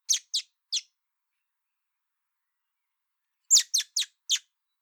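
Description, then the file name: Common blackbird calls: three sharp, downslurred chips, a pause of nearly three seconds, then four more in quick succession. "Turdus merula"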